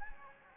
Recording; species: mosquito wingbeat signal from an infrared sensor; Anopheles gambiae